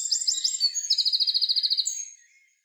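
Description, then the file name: Eurasian wren, a short snatch of song: a few quick notes running into a very fast, even, high-pitched trill that fades out. "Troglodytes troglodytes"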